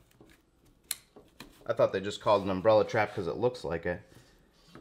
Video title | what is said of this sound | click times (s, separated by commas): Amazon's WORST Crayfish Trap? (Umbrella Trap Test!) | Oh, okay. This thing's literally got a little clicker on it. | 0.9 s